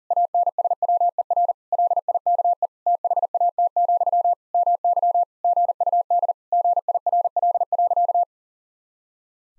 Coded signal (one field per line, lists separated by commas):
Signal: Morse code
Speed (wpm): 40 wpm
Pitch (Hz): 700 Hz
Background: none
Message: ANSWER LIKE THAT, MY GUD GIRL.